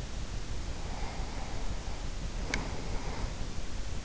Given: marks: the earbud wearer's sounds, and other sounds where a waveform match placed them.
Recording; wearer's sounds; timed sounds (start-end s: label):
sounds in sleep by an in-ear microphone; breath
0.54-3.45 s: breath